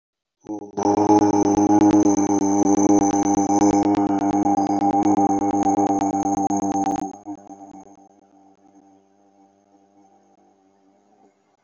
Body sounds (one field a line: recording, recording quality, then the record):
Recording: sustained vowel as in boot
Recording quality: excellent, no background noise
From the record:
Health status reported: respiratory illness, not identified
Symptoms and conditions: hypertension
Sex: male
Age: 52 years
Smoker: yes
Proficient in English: yes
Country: India